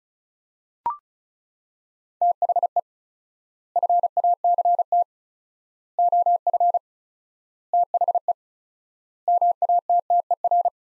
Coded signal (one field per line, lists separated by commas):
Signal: Morse code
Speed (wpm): 36 wpm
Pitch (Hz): 700 Hz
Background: none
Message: THE FACT OF THE MATTER